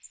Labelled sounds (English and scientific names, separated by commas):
Magnolia Warbler (Setophaga magnolia) flight call